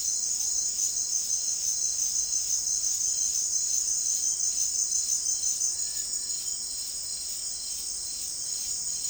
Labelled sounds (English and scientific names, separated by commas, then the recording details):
none
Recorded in dense forest near Puerto Asís, Putumayo, Colombia, on 24 March 2025 at 16:30
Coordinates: 0.499, -76.324
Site GP03